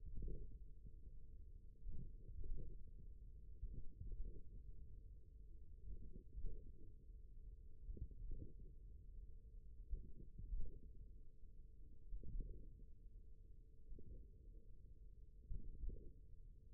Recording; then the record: forearm muscle sounds (acoustic myography)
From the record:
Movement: tripod grip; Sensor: system 1, eight BSWA MPA416 microphones around the upper forearm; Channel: 2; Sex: male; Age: 41 years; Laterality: right